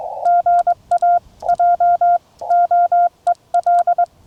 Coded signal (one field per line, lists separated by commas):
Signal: Morse code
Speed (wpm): 22 wpm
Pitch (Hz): 690 Hz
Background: none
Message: GA JOEL